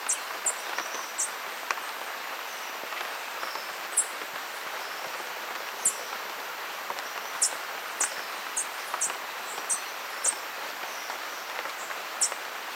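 Green honeycreeper uttering a long series of thin, sharp high chips at irregular intervals, roughly a dozen, with fainter high notes among them and steady hiss behind.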